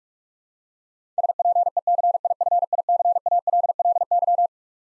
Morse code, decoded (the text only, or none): SPECIFICALLY